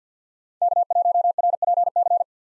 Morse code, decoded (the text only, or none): K1RPC